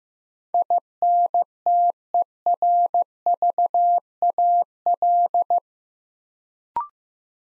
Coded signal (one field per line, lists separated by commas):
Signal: Morse code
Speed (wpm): 15 wpm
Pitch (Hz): 700 Hz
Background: none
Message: INTERVAL